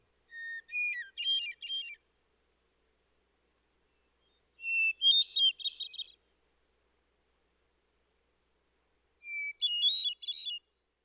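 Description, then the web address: Hermit thrush song: three phrases several seconds apart, each opening with a clear sustained whistle and then breaking into a quick, fluty, tumbling flourish at a higher pitch. Eastern North America. "Dan Gibson Wildlife Identification By Sound, Eastern North America Pt 1. Hermit Thrush"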